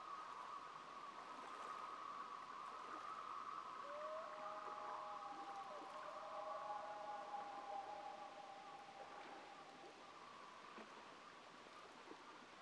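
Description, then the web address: Common loons wailing, long sustained mournful notes overlapping as a second bird joins with sliding, rising tones, over a soft steady hiss. Two common loons calling together in a duet. "COMMON LOON DUET. wilderness songs"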